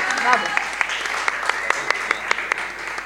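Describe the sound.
A show audience applauds steadily to greet a guest: a dense wash of many hands clapping with sharper individual claps popping out at a fairly regular pace, while faint voices murmur underneath at the start.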